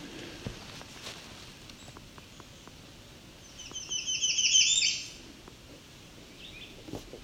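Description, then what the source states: American Redstart singing one short burst of high, thin, rapidly repeated notes that swell in loudness before stopping abruptly, with faint rustles and ticks in an otherwise quiet background. Flying from tree to tree, singing and eating bugs, in a quiet spot along a trail.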